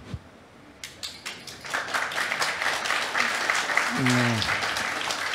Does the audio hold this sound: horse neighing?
no